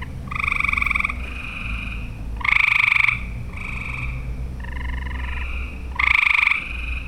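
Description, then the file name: Frogs calling in a chorus of pulsed, buzzy trills. Several callers overlap, and two louder trills stand out against the steady background. Recorded in Olivet, Michigan, on 6 June 2008. "olivet mi-frogs-20080606"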